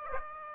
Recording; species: mosquito wingbeat signal from an infrared sensor; Aedes aegypti